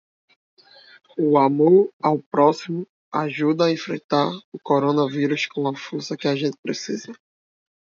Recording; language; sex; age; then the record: spoken sentence; Brazilian Portuguese; male; 20 to 29 years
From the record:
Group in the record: control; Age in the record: 24 years